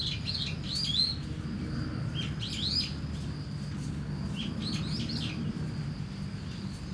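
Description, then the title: Starling singing scratchy, squeaky phrases in three bursts, with a steady cricket trill and low city rumble underneath. Singing in a tree in Kiyosumi garden, Tokyo, Japan, with crickets and cars; binaural recording with DPA 4060 microphones and a Deity PR-2. "Kiyosumi garden, Tokyo, Japon - Starling in a tree"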